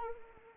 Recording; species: mosquito wingbeat signal from an infrared sensor; Anopheles arabiensis